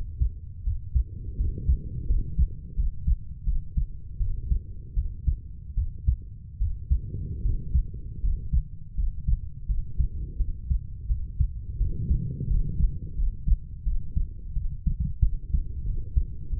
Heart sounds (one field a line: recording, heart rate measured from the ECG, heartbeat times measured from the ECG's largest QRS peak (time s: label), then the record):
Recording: heart sounds by stethoscope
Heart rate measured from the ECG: 83 bpm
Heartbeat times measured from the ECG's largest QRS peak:
0.63 s: heartbeat
1.36 s: heartbeat
2.07 s: heartbeat
2.75 s: heartbeat
3.44 s: heartbeat
4.18 s: heartbeat
4.94 s: heartbeat
5.75 s: heartbeat
6.58 s: heartbeat
7.42 s: heartbeat
8.21 s: heartbeat
8.95 s: heartbeat
9.66 s: heartbeat
10.37 s: heartbeat
11.07 s: heartbeat
11.78 s: heartbeat
12.48 s: heartbeat
13.15 s: heartbeat
13.84 s: heartbeat
14.53 s: heartbeat
15.21 s: heartbeat
15.85 s: heartbeat
16.49 s: heartbeat
From the record:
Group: healthy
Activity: rest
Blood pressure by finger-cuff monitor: 133/69 mmHg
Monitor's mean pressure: 86 mmHg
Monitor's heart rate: 83 bpm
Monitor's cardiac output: 7.6 L/min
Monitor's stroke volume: 93 mL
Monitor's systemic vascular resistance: 810 dyn s/cm5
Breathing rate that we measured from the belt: 12 breaths a minute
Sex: female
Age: 32 years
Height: 168 cm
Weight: 61.9 kg